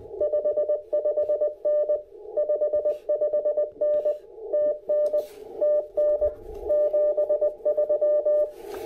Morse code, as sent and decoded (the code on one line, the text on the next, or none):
..... ..... -. / ..... ..... -. / - -. / - -. / --... ...--
55N 55N TN TN 73